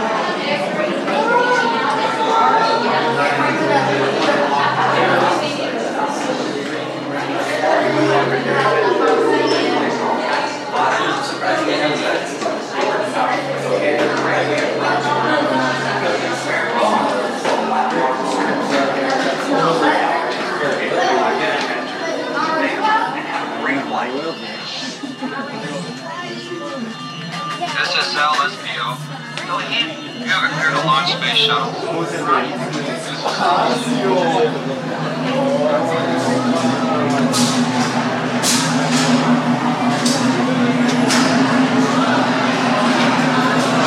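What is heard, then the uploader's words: Dense crowd chatter fills a ride queue in a large echoing hall, with a steady low mechanical hum joining in for the final ten seconds. Disneyland - Space Mountain. Some of the queue and a full ride thru.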